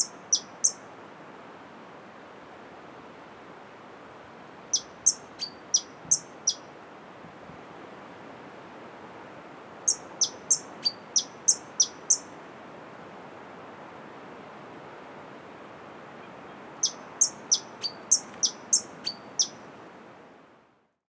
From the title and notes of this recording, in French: Chapada Diamantina - Oiseaux. Paysage sonore pris dans le parc de Chapada Diamantina (Brésil).